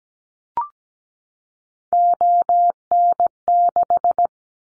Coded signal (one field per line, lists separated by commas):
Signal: Morse code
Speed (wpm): 17 wpm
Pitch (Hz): 700 Hz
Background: none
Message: ON6